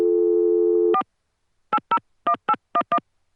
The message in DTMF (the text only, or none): 4 801811